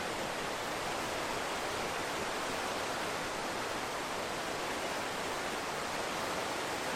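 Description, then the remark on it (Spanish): A river fed by glaciers rushes along in a steady, unbroken roar of flowing water, a dense hiss with no pauses or changes in level and no voices. “y también porque estaba la mina emplazada arriba de tres glaciares que son fundamentales para la vida de este río que vemos corriendo a mis espaldas.”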